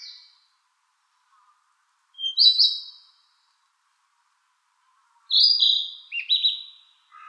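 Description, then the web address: Bird song in two separated bursts, each a bright buzzy note or trill that drops in pitch, with silence in between. Recorded on 4 June 2013. "birdenaga kibi hoto 130604"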